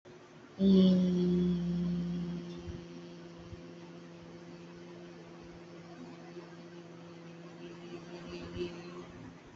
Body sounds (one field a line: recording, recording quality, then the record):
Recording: sustained vowel as in beet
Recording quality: moderate, slight background noise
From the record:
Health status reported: exposed to COVID-19, no respiratory illness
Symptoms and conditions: none ticked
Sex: female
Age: 24 years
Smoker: not ticked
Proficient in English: yes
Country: India